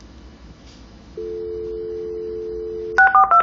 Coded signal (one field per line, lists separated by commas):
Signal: telephone call progress tone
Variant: North America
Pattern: dial tone